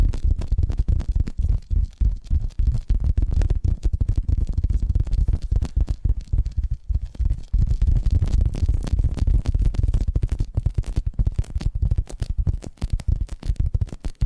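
Tapping triggers fill the whole stretch with dense, rapid taps that come in quick irregular bursts. Each tap lands with a dull, low thump and a short crisp click on top. A soft rumbling bed runs beneath, easing briefly around the seventh second before the tapping picks up again.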